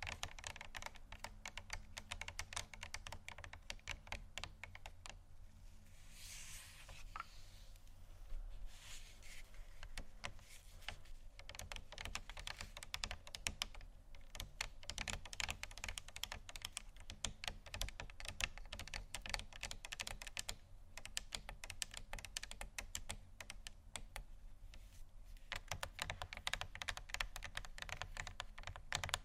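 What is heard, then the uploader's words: Gentle tapping comes in quick, dense, keyboard-like clicks that run steadily throughout, pausing briefly near six and twenty-five seconds. ASMR Gentle Tapping Assortment (No Talking).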